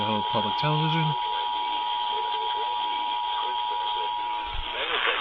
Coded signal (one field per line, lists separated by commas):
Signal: Emergency Alert System (SAME) tones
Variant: 853 and 960 Hz attention tone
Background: speech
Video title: ON THIS EPISODE OF "MORE FAILS TO EXPERIENCE"... EAS Tests from February 2025 (EAS #5,506 - 5,560)